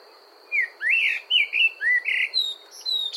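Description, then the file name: Common blackbird singing a rich, fluty warble of rolling slurred notes, rising and falling, closing with a faint high squeaky twitter; a thin steady hiss runs underneath. "Amsel Gesang"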